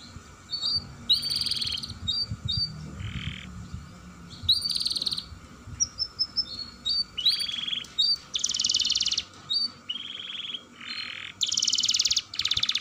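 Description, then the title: Canary song mixing sharp whistled notes, buzzy bursts and rapid rolling trills in varied phrases, with brief pauses between them; some low background rumble. Singing described as long rolling trills, locally called 'dor roll panjang'. "Kenari Gacor Dor Roll Panjang"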